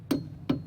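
A torque wrench is tightened on a wheel lug nut until it clicks, with two sharp clicks at 0.1 s and 0.5 s, each ringing briefly with a low body. The lug nut is now torqued.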